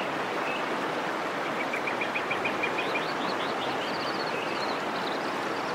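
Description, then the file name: Bird giving a rapid series of thin chirps, then higher notes, against constant loud rushing waterfall noise. Birdsong with a waterfall. "terapi kicauan dan air terjun"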